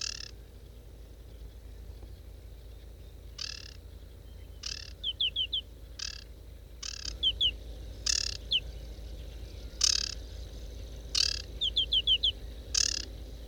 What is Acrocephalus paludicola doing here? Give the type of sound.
song